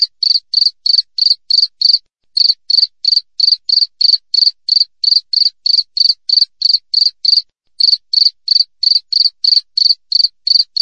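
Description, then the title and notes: Cricket chirping persistently in sharp, high pulses at an even rate, pausing briefly twice before carrying on with the same rhythm. Wild cricket recorded clearly with tight gaps between chirps, intended as a tutor recording for training songbirds and for repelling rats. "Masteran Jangkrik Alam Jernih, Jeda Rapat Cocok Untuk Masteran Burung Dan Mengusir Tikus. suara jangkrik"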